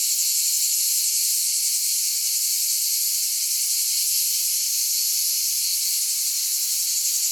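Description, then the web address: Cicadas droning in a constant, sizzling high buzz that never breaks, its level staying nearly flat across the whole stretch. "cicale"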